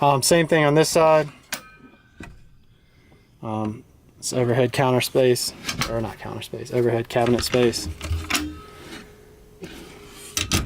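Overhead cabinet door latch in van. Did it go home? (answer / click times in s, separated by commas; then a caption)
yes / 10.5 s. Someone talks inside a Dodge Promaster camper van conversion, then closes an overhead cabinet door on the other side of the van. The door's latch locks with a sharp click at 10.5 s, with smaller knocks just before and after.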